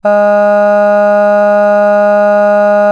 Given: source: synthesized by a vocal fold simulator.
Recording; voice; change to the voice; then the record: sustained vowel; female; none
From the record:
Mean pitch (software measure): 206 Hz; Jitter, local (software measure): 0.18%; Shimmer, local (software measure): 1.4%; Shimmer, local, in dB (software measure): 0.12 dB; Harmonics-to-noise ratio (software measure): 31.9 dB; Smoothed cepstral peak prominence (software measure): 19.0 dB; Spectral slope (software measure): -21.9 dB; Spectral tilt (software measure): -8.6 dB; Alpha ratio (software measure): -12.4 dB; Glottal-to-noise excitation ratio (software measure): 0.975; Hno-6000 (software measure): 2.4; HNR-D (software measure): 39.2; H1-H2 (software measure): 9.5 dB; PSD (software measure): 1.7e-05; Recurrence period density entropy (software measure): 0.137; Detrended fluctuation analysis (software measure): 0.0274